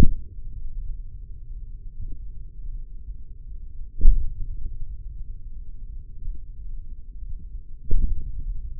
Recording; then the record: forearm muscle sounds (acoustic myography)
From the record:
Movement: hand opening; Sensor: system 3, bracelet of six PUI Audio POM-2738L microphones around the upper forearm, with dedicated amplification and filtering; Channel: 4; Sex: male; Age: 55 years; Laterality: right